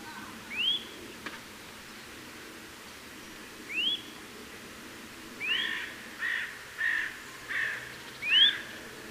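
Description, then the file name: Eurasian nuthatch calls as upward-sweeping whistles, spaced a few seconds apart, with a short run of fainter harsher notes between them. "Sitta europaea"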